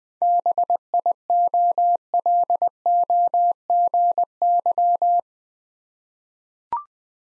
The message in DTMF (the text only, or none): none